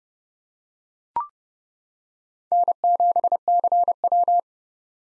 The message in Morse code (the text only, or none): N7CW